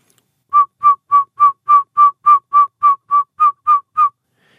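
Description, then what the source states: Northern saw-whet owl calling a fast, steady series of short whistled toots, about thirteen notes at roughly three or four per second, otherwise quiet. A quicker call than the other owls described.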